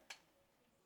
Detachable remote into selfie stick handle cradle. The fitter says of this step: Lock into place.